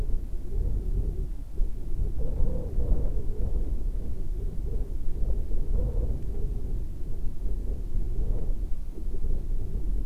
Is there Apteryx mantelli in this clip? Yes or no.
no